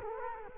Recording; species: mosquito wingbeat signal from an infrared sensor; Culex quinquefasciatus